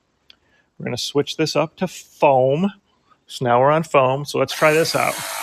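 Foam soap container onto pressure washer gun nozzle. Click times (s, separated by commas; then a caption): 0.3 s. The plastic soap-foam container is lined up on the nozzle of a HOTO TOOLS 20V cordless pressure washer gun and turned the only direction it will go, giving a short tick at 0.3 s as it clicks into place and seats. Someone then talks.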